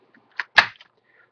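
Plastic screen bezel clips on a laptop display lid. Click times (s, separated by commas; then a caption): 0.4 s, 0.6 s. A plastic screen bezel on the display lid of an ASUS X55A/X55C/X55H laptop is pried at a looser spot on its stiffer side. Its clips snap free with a sharp pop at 0.4 s and a louder snap at 0.6 s, followed by a brief rattle. That side of the bezel is released.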